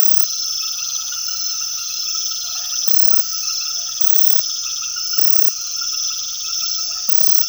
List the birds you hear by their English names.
none